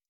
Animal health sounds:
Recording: hydrophone in a shrimp aquaculture tank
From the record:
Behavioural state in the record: stressed

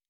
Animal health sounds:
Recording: hydrophone in a shrimp aquaculture tank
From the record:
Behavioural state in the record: normal

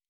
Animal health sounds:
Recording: hydrophone in a shrimp aquaculture tank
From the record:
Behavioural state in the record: normal

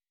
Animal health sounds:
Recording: hydrophone in a shrimp aquaculture tank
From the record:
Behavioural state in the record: weakened

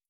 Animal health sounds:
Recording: hydrophone in a shrimp aquaculture tank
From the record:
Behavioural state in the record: starved

